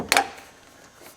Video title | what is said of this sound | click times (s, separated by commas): Darth Dually 2015 Tow Mirror Conversion Part 2 "Hooking up Lights" | snaps back you can hear it snap now | 0.1 s, 0.2 s